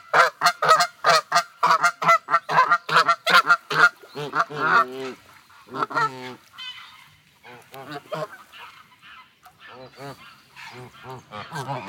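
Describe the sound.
Canada goose: canada geese give rapid, dense honking for the first four seconds, then scattered, softer honks with pauses.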